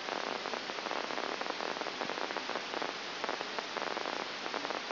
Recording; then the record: brain microelectrode recording played as sound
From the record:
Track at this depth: outside the subthalamic nucleus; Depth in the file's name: 0.004 mm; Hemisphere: right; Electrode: 3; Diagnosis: Parkinson's disease